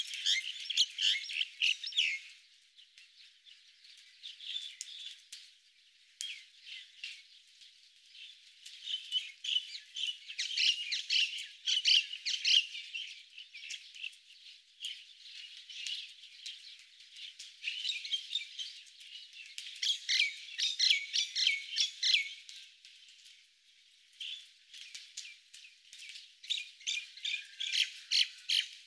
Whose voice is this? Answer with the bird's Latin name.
Acridotheres tristis